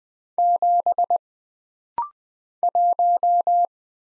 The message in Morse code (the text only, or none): 7 1